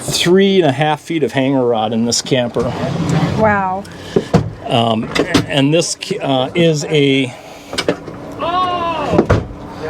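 Someone talks while handling a latching fixture inside a truck camper interior, with a few brief knocks and clicks from the handling. The clip ends before the fixture locks, so nothing has seated or clicked into place yet.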